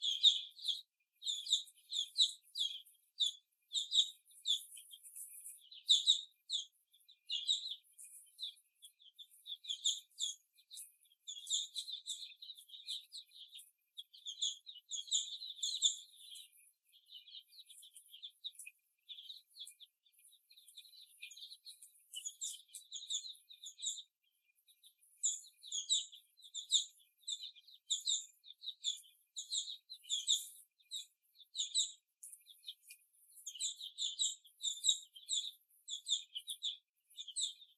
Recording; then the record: young laying hens in a cage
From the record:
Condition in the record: after the stressor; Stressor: simulated dog barking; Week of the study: 1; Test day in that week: 2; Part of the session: 4